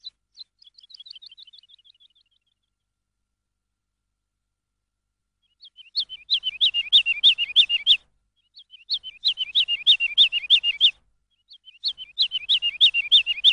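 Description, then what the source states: Lark song: a soft, fading trill, several seconds of silence, then three louder bursts of rapid chirping notes with short gaps between them. Lark song used as a tutor for training songbirds.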